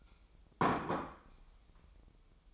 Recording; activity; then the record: daily activity, microphone in the room; place plate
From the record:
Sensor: 1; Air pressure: 988.6 hPa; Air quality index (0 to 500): 197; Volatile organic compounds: 933 ppm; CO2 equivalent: 5232 ppm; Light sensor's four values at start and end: 25/93/35/37 and 25/93/35/37